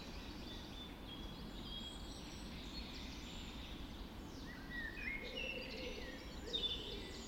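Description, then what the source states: Several birds singing at once, thin high twittering with a few brighter whistles later, plus a low soft repeated note toward the end, over steady noise. Dawn chorus recorded just after dawn in the Forest of Dean.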